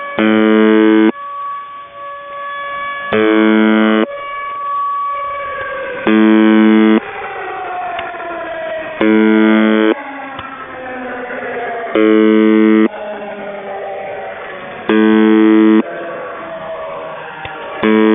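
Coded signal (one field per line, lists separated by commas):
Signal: channel marker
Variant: UVB-76 (The Buzzer)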